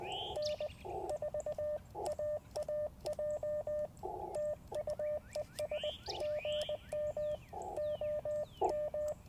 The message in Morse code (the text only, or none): N4AAJ TU ES GM OM